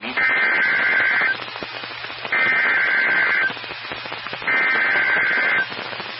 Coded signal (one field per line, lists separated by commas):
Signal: Emergency Alert System (SAME) tones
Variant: header bursts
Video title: EAS 1959-1963 (6/13/22)